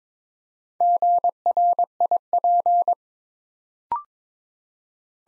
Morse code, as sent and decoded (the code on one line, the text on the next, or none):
--. .-. .. .--.
GRIP